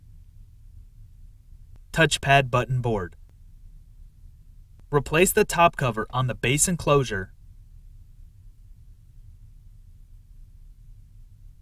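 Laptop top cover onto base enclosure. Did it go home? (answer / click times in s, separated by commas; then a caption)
no / none. Someone talks while the plastic top cover of a Compaq Presario CQ43-100 Notebook PC is placed on the laptop base enclosure and lined up, with quiet background between the spoken phrases. The cover has not snapped into place yet, and no click is heard.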